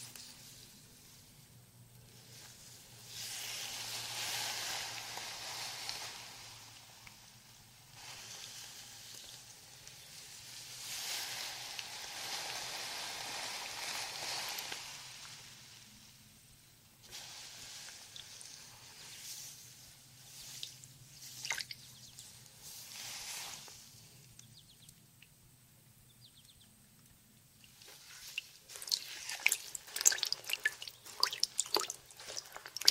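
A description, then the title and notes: A first-person hair wash: soft hissing bursts of running water come and go in long stretches, quieter between them, over a faint steady low hum. Near the end the water stops and crackly scratching and tapping takes over. First Person Head Spa Hair Wash, Brushing, Oil Ear Massage, Steam Mask.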